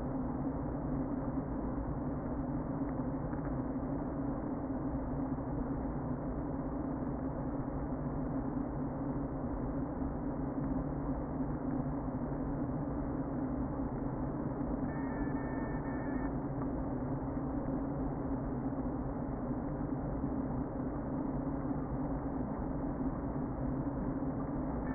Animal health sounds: honeybee colony, microphone inside the hive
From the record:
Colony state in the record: queen present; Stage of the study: before two queens were removed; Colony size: about 60,000 bees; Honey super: yes

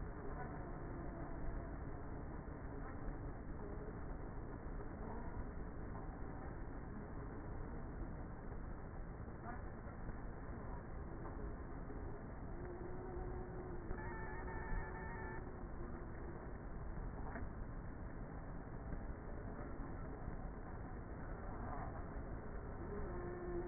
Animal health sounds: honeybee colony, microphone inside the hive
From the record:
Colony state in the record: queenless with a low population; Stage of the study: before two queens were removed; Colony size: about 30,000 bees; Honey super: no

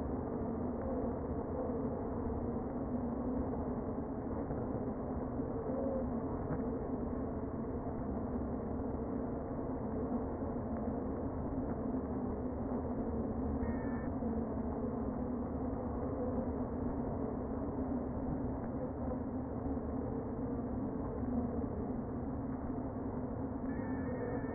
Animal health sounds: honeybee colony, microphone inside the hive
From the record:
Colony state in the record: queen present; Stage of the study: before two queens were removed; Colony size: about 60,000 bees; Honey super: yes

